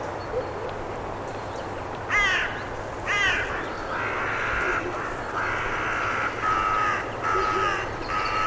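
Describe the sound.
Bird calls: two sharp rasping notes, then a run of longer hoarse calls close together, over a low hum.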